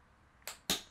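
A metal hydraulic valve lifter from a Ford Probe is pushed by hand into its bore in the cylinder head and, with a little force, snaps in on the first try. Two short, sharp clicks are heard at 0.5 s and 0.7 s, the second louder and brighter, against a quiet background. The lifter is seated in its bore.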